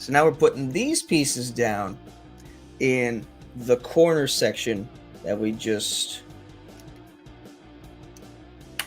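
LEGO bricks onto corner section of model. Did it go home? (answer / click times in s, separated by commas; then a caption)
yes / 8.8 s. Someone talks over background music while LEGO pieces are pressed onto the corner section of an Eiffel Tower model. A sharp plastic click sounds at 8.8 s as the pieces snap into place and seat.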